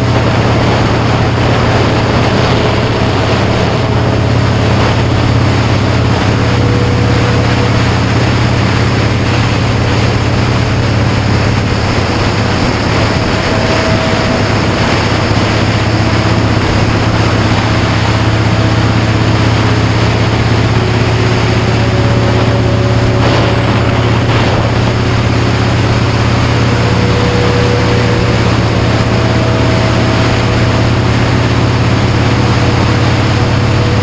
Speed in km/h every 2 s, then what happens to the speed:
71, 69, 71, 71, 69, 68, 66, 63, 61, 68, 68, 71, 69, 71, 68, 71, 69.
0-7 steady at about 71. 7-16 slows to 61. 16-22 speeds up to 71. 22-34 steady at about 69.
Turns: none.